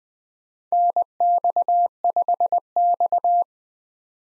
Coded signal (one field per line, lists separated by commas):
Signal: Morse code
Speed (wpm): 20 wpm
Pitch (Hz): 700 Hz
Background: none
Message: NX5X